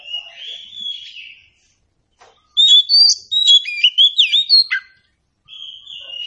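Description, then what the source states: Oriental Magpie-Robin singing, soft drawn-out whistles at start and end framing a loud burst of quick, varied whistled and scratchy notes. Meant to prompt a bird to sing in reply.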